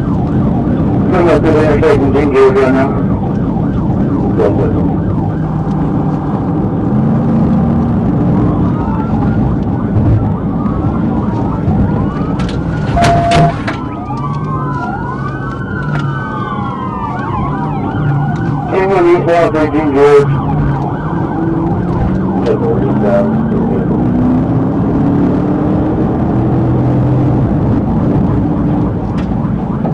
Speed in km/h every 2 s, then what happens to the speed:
118, 114, 98, 105, 103, 93, 45, 39, 42, 39, 64, 74, 95, 106, 98.
0-3 brakes to 98. 3-9 steady at about 103. 9-13 brakes to 39. 13-26 speeds up to 106. 26-30 slows to 98.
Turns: none.